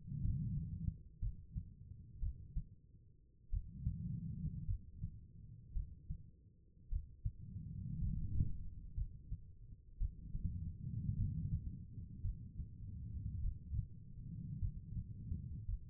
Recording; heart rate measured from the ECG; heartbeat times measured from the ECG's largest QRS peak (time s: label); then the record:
heart sounds by stethoscope; 54 bpm
0.21 s: heartbeat
1.19 s: heartbeat
2.19 s: heartbeat
3.50 s: heartbeat
4.65 s: heartbeat
5.73 s: heartbeat
6.89 s: heartbeat
7.99 s: heartbeat
8.95 s: heartbeat
9.98 s: heartbeat
11.16 s: heartbeat
12.22 s: heartbeat
13.41 s: heartbeat
14.59 s: heartbeat
15.66 s: heartbeat
From the record:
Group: healthy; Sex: female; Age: 36 years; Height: 163 cm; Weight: 88 kg